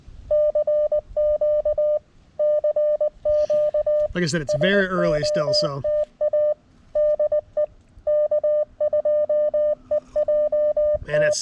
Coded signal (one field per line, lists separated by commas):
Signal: Morse code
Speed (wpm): 20 wpm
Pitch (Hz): 590 Hz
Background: speech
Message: CQ CQ SOTA DE K2EJT